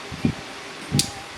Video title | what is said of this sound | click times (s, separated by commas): Jetson Bolt Pro Disc Brake Repair | You can hear it a little bit. You can feel it better than you hear it, but it snaps in place. | 1.0 s